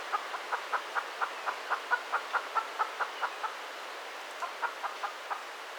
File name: Red junglefowl